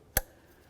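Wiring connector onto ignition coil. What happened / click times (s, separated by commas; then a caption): The connector clicked home / 0.2 s. A plastic electrical wiring connector is plugged onto an ignition coil of a 2002-2007 Jeep Liberty during a valve cover gasket replacement. A single sharp, bright click is heard at 0.2 seconds, followed by quiet. The connector is seated.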